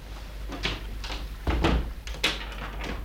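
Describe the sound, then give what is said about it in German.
A door opening or closing: soft rattles and clicks, then a dull low thud midway and a sharper knock shortly after, all over a steady low hum with no voices. “Die Tür hier.”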